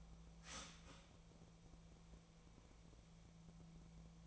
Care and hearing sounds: daily activity, microphone in the room; start toaster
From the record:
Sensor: 1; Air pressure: 1000.3 hPa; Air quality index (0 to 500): 155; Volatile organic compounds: 3 ppm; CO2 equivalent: 1454 ppm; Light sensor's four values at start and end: 30/76/32/38 and 30/76/32/38

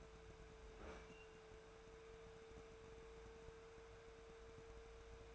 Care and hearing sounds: daily activity, microphone in the room; open fridge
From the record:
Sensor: 2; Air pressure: 1014.7 hPa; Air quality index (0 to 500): 190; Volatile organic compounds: 15 ppm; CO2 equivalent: 2520 ppm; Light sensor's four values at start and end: 9/23/9/10 and 9/23/9/10

